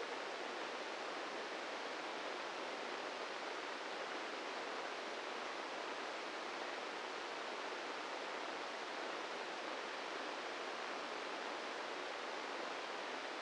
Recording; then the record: brain microelectrode recording played as sound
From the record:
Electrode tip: inside the subthalamic nucleus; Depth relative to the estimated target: -3 mm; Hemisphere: left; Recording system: NeuroSet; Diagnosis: Parkinson's disease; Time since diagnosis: 8 years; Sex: male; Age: 46 years